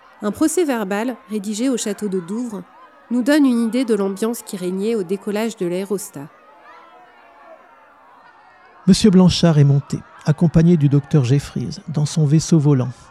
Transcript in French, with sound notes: Un procès-verbal rédigé au château de Douvres nous donne une idée de l’ambiance qui régnait au décollage de l’aérostat: [Voix d’acteur] M. Blanchard est monté, accompagné du Dr Jeffries, dans son vaisseau volant.